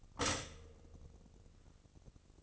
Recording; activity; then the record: daily activity, microphone in the room; stop toaster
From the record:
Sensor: 4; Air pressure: 1008.1 hPa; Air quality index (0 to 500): 105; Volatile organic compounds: 1 ppm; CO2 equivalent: 780 ppm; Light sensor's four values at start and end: 9/20/8/8 and 9/20/8/8